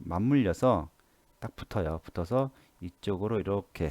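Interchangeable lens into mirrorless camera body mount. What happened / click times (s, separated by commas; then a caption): The lens is being lined up and handled but has not clicked home yet / none. Someone talks while lining up the white mark on an interchangeable lens with the white mark on a Sony a7 III mirrorless camera body mount, pressing them together before twisting clockwise. Only speech with short pauses is heard, and no click stands out. The lens has not yet been turned the half turn into the bayonet mount, so nothing has seated or clicked yet.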